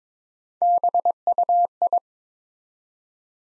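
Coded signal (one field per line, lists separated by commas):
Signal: Morse code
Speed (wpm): 22 wpm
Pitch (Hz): 700 Hz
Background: none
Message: BUI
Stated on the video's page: Morse practice set at 22 wpm, building 5-letter words one letter at a time for instant character recognition training.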